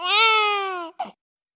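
A German newborn's cry with a falling melody: loud at the start with pressure on the throat, then the pressure drops and the pitch slowly falls, followed by a brief short sound.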